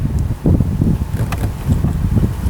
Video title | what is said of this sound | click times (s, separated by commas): 2009-2014 Ford F150 - Factory GPS Navigation Upgrade - Easy Plug & Play Install! | one way so don't force it I heard those bowls snap in so that's a good connection | 0.5 s, 1.3 s